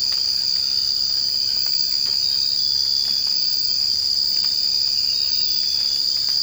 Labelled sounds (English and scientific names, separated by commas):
none